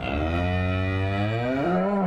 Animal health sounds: contact call of a hoofed animal; cattle; low-frequency (closed-mouth) or high-frequency (open-mouth) call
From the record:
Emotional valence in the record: negative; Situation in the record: separation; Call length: 2.1 s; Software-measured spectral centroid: 1260 Hz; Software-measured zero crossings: 1150 a second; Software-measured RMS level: -24 dBFS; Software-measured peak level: -13 dBFS

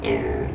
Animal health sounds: contact call of a hoofed animal; pig; closed-mouth grunt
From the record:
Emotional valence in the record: negative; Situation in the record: short social isolation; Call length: 0.55 s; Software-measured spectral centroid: 1480 Hz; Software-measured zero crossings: 1050 a second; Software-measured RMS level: -24 dBFS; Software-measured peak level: -11 dBFS

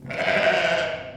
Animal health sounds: contact call of a hoofed animal; sheep; low-frequency (closed-mouth) or high-frequency (open-mouth) call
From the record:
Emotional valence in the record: negative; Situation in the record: short social isolation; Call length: 1.17 s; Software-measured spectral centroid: 2070 Hz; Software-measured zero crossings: 2330 a second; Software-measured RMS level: -23 dBFS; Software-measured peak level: -8 dBFS

